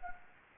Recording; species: mosquito wingbeat signal from an infrared sensor; Anopheles gambiae